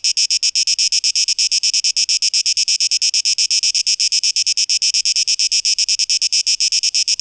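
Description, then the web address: Insistent cicada buzzing, high and rasping, pulsing quickly and evenly without pause. Cicadas, 12 August 2023. "audio rauschpartikel Audio 2023-08-12 Zikaden (Tape Echo Mix)"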